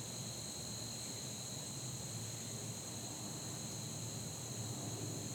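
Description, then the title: Insects giving a continuous shrill drone in two steady high bands, unchanging throughout over a low background rumble. Warm fall day that felt like late summer, in a neighborhood; insects droning like the heat. "Soundcast: Insects and Acorns"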